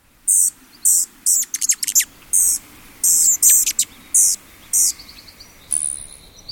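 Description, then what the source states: Rufous hummingbird squeaks, sharp high bursts in quick clusters with brief gaps, some rapid stuttering series, over a faint low background. Angry squeaks given as two migrating hummingbirds chase each other.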